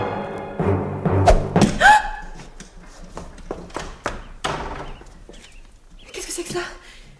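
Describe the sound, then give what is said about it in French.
A sharp, solid thunk of an arrow with a paper attached to it striking a hard surface, followed by a few lighter taps and knocks against a faint tonal background. “Il y a un papier attaché à cette flèche.”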